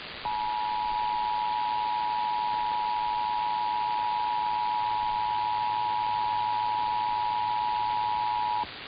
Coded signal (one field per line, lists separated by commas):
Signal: Emergency Alert System (SAME) tones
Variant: 853 and 960 Hz attention tone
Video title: [EAS #2157-#2159] Sacramento Tested a day Late